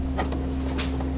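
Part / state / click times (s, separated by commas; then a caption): removable plastic bin into a plastic drawer organizer case / not seated / none. A small removable plastic bin is slid back into a Milwaukee plastic jobsite drawer organizer case, put back so the parts don't get lost. Brief plastic scuffs and sliding rustles come at about 0.2, 0.3 and 0.8 s over a steady low hum. Nothing has seated or clicked yet by the end.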